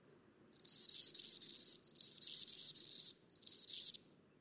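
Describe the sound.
Anna's hummingbird singing a run of scratchy, high buzzy phrases in rapid succession, with two brief pauses in an otherwise quiet background.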